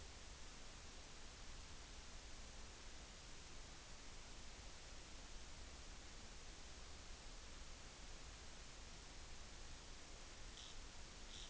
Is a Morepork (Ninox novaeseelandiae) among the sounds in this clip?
no